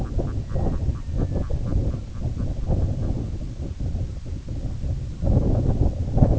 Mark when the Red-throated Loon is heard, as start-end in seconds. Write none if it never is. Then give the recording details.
0.01-3.31. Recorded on Arctic tundra, site IGLO-A, on 17 June 2018. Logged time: 19:59